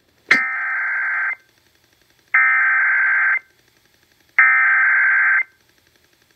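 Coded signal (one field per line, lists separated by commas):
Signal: Emergency Alert System (SAME) tones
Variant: header bursts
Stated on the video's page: Required Weekly Test received on an FM radio station.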